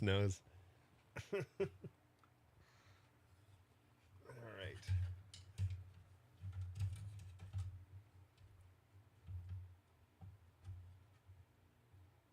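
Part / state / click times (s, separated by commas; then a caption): component seating into PC motherboard / not seated / none. A component is handled while being fitted to a PC motherboard during a PC build, and nothing has seated or clicked home yet. Someone talks briefly at the start, followed by soft handling knocks and light taps over a steady low hum.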